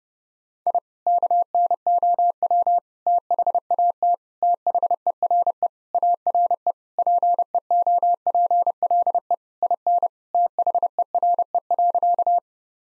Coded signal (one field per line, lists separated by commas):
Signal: Morse code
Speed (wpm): 30 wpm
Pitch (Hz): 700 Hz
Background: none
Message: I KNOW THAT THERE ARE PEOPLE IN THERE.